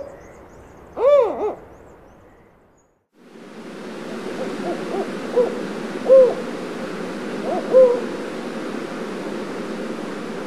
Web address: Songs of Birds of North America Stokes. Spotted Owl